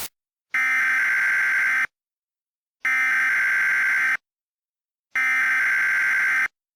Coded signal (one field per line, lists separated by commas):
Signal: Emergency Alert System (SAME) tones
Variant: header bursts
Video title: EAS Mock 9: Hollowed Out